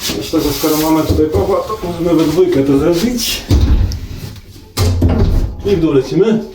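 Two fitters lift a Viessmann Vitodens wall-hung gas boiler together to lower it onto its metal mounting rail on the wall, while someone talks. Short sharp sounds come at about 3.9 s and 5.0 s as they handle it. The boiler has not seated or clicked onto the rail yet.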